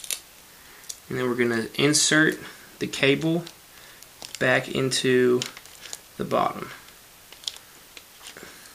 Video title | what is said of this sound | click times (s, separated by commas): Lenovo V570 Screen Replacement | push it in till you feel a little click and then push down the stickiness and then | 7.5 s